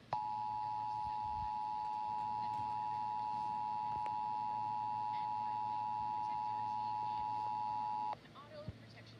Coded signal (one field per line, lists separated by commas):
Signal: Emergency Alert System (SAME) tones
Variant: 853 and 960 Hz attention tone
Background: speech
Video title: WBIR 10 “National EAS Test” October 3, 2018 2:20pm